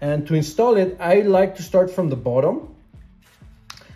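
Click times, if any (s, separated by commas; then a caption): 3.7 s. Someone talks while fitting the largest interchangeable polymer backstrap onto the polymer frame grip of a Glock pistol, starting from the bottom. After the talking stops, a sharp click at 3.7 s marks the backstrap seating into the grip, almost sitting perfectly.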